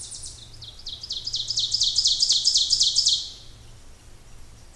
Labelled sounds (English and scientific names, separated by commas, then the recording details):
Ovenbird (Seiurus aurocapilla) song
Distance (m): 20 m
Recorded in boreal forest in Alberta, Canada, on 26 May 2016 at 08:12
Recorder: SongMeter 3, array SBT-3-15
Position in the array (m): 53 m, 222 m
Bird 20